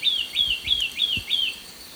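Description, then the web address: Olivaceous Greenlet song: five clear high whistles, each sliding downward, repeated about three times per second over faint background hiss. Recorded in Ecuador. "Natures Songs S America Birds of Ecuador Olivaceous Greenlet"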